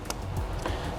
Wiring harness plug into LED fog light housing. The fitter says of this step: You're gonna hear a click, and that's nice and tight.